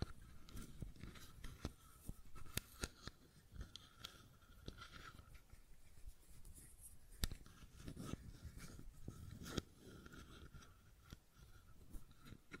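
Fidget cube tapping and clicking, with sharp dry clicks arriving irregularly throughout, a few louder snaps near 2.5, 7 and 9.5 seconds. Between them runs a soft, busy rustle and low thumping of handling, with a faint steady tone underneath.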